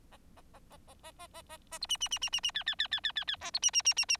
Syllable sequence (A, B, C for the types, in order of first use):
A A A A A A A A A A B C C C C C C D D D D D D D A B C C C C C